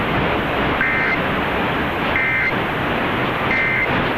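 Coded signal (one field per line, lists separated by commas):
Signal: Emergency Alert System (SAME) tones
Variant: end-of-message bursts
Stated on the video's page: Monthly test tones received off Pennsylvania FM, AM and TV stations, one also captured from a line-out recording.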